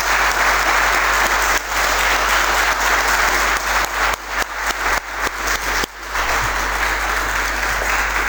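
An audience applauds loudly and steadily for several seconds to congratulate a woman who has graduated as a librarian, the dense clapping thinning briefly into scattered claps near the end before swelling again.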